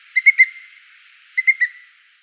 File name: booted eagle